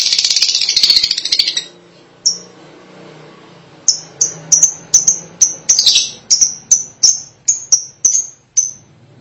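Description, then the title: Lovebird calls: loud shrill chattering at first, a lone chirp, then a steady series of sharp high chirps. "Suara Burung Lovebird"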